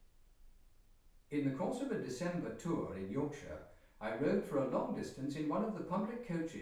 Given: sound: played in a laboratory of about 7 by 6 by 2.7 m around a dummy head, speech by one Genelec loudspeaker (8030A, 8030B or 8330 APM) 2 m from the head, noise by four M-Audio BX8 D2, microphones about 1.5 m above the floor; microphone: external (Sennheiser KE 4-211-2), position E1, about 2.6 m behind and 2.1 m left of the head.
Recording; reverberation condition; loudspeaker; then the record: male speech in English; medium; 30 degrees to the left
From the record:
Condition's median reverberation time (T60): about 510 ms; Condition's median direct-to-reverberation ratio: about -0.5 dB